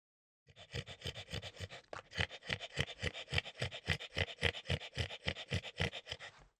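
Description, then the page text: French bulldog snorting, a long series of raspy, noisy breaths repeated several times a second, with a brief catch partway through before the run continues. Gasping, snorting. "French Bulldog Gasp Snorty. Quick Sounds"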